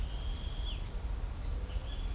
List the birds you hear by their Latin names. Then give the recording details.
Pitangus sulphuratus. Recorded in shrubland near Pivijay, Magdalena, Colombia, on 5 June 2023 at 09:00. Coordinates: 10.453, -74.365. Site P5-G022